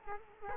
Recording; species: mosquito wingbeat signal from an infrared sensor; Culex quinquefasciatus